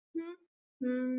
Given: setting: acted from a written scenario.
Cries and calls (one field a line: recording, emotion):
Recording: vocal sound without words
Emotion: shame